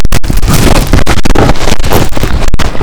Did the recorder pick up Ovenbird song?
no